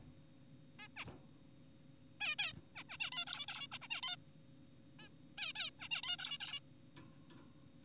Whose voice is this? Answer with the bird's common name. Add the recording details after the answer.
Zebra Finch. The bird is an adult. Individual g4p5U